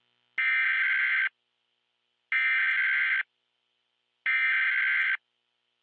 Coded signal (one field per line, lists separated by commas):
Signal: Emergency Alert System (SAME) tones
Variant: header bursts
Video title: EAS: Natural Disaster￼￼￼￼￼￼￼￼